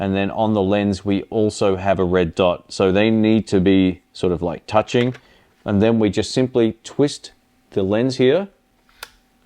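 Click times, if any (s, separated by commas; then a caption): 9.0 s. Someone talks while an interchangeable lens, aligned by its red dot with the red dot on a Panasonic Lumix G9 II camera body, is twisted onto the body's bayonet mount. A sharp click sounds at 9.0 s as the mount latch engages, and the lens is seated and locked.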